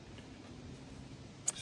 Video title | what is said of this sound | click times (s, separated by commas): DEER CAMP 25 | It just snaps right in there. | 1.5 s